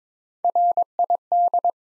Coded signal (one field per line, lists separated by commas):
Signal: Morse code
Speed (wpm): 22 wpm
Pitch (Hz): 700 Hz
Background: none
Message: RID